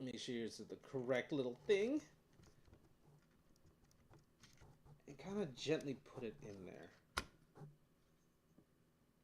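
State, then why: Seated. Someone talks while a RAM stick is placed gently, short end toward the bottom, into a motherboard DIMM slot and then pushed in firmly. A sharp click is heard at 7.2 s, and the module is seated.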